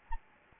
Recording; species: mosquito wingbeat signal from an infrared sensor; Anopheles gambiae